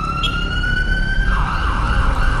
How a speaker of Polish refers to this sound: Pierwszym zauważalnym efektem marszu było zablokowanie centrum miasta tak, że w korku utknęła nawet karetka na sygnale.